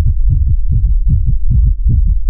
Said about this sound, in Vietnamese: Lại một trận tiếng tim dồn dập truyền đến, chiếc chìa khóa màu máu này dường như hô ứng với chị lúc trước, cả hai bắt đầu cùng đập như trái tim.